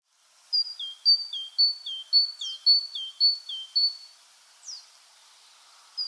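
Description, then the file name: Great tit song, a ringing two-note teacher-teacher phrase repeated about seven times at a steady pace, with a couple of brief sharp falling notes. "Parus major"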